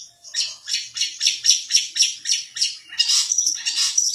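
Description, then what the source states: Long-tailed shrike giving a repeated harsh, rasping note about four times a second, ending in a denser scratchy chatter. Champion competition songbird.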